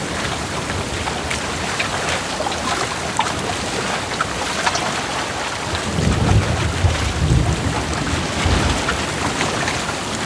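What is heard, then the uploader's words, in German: A sailing trip on a lake with wind and waves: a dense, steady hiss and splashing fill the whole ten seconds. Around the six-second mark a deeper rumble swells up and lingers to the end, heavier than the opening wash of water and wind. Aufnahme von einem Segelausflug am Chiemsee, mit Wind, Wellen, Blitz und Donner.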